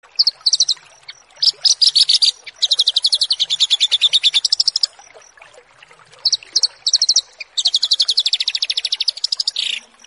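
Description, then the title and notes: Bush lark song in bursts: quick clusters of sharp high notes break into long, fast rattling trills, twice over, with a thin repeated pip in the background. Song tutoring for cage birds. "burung BRANJANGAN"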